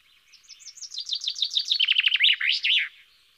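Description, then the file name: Common chaffinch song: an accelerating run of bright descending notes that quickens into a rapid trill and ends in a loud flourish, about two and a half seconds long. "Fringilla coelebs"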